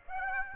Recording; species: mosquito wingbeat signal from an infrared sensor; Aedes aegypti